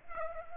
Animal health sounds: mosquito wingbeat signal from an infrared sensor; Culex pipiens

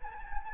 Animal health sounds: mosquito wingbeat signal from an infrared sensor; Anopheles gambiae

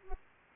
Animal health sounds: mosquito wingbeat signal from an infrared sensor; Aedes aegypti

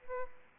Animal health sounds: mosquito wingbeat signal from an infrared sensor; Aedes aegypti

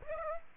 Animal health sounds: mosquito wingbeat signal from an infrared sensor; Aedes aegypti

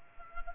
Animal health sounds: mosquito wingbeat signal from an infrared sensor; Culex quinquefasciatus

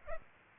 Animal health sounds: mosquito wingbeat signal from an infrared sensor; Aedes aegypti

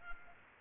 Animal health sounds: mosquito wingbeat signal from an infrared sensor; Culex pipiens

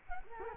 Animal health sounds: mosquito wingbeat signal from an infrared sensor; Culex quinquefasciatus

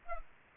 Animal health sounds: mosquito wingbeat signal from an infrared sensor; Culex pipiens

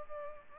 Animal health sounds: mosquito wingbeat signal from an infrared sensor; Culex pipiens

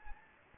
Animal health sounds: mosquito wingbeat signal from an infrared sensor; Anopheles gambiae

